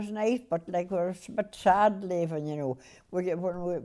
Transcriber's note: none